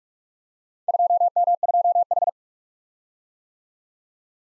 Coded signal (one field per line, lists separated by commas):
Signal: Morse code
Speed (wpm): 44 wpm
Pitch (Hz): 700 Hz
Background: none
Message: 2M2H